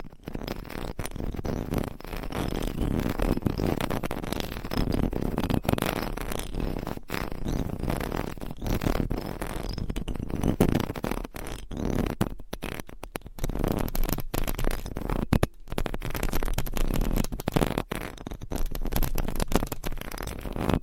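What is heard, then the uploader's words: Long nails scratch steadily across a microphone, making a close, dense rasping that fills the low and middle range. The scratching runs without pause, with short sharp breaks and brief dropouts near 12 and 15 seconds, and no talking. ASMR Mic Scratching - Brain Scratching Hypnotic Asmr No Talking for Sleep with Long Nails.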